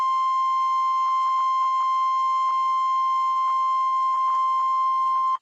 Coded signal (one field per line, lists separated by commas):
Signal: Emergency Alert System (SAME) tones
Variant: 1050 Hz attention tone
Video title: Severe Thunderstorm Warning! EAS #165